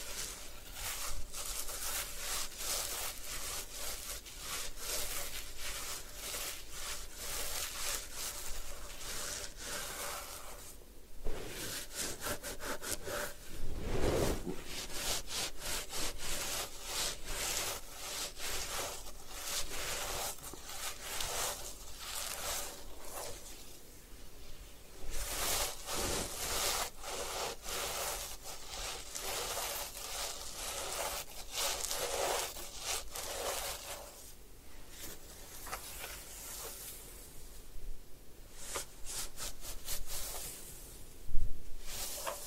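Hair washing and scalp massage fill the clip with steady, dense rubbing and scratching, bright and crisp with fast irregular strokes. Brief pauses break the texture around 11, 14 and 25 seconds, and a sharper scrape or tap stands out near 41 seconds.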